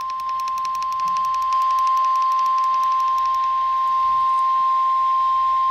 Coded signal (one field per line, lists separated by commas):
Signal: Emergency Alert System (SAME) tones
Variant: 1050 Hz attention tone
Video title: EAs severe thunderstorm warning for our county